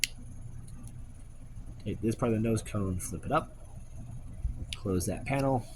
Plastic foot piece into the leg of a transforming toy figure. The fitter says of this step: So take that piece, bring it all the way back, then push the foot down till it clicks.